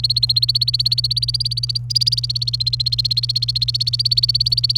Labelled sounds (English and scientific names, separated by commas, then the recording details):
Domestic Canary (Serinus canaria) song
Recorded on 28 April 2018 at 08:06
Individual llb3